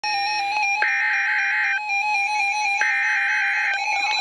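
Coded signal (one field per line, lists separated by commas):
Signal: Emergency Alert System (SAME) tones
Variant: header bursts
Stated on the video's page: Weather radio station in Milwaukee, Wisconsin.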